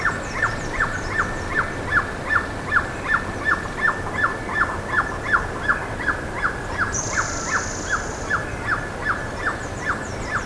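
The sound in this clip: Bird giving a steady series of short, sharp mid-pitched calls, about two or three each second, with thin high descending chirps and a brief buzzy hiss over constant background noise.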